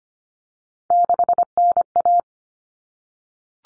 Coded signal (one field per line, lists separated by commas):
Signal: Morse code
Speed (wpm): 25 wpm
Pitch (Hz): 700 Hz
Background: none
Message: 6NA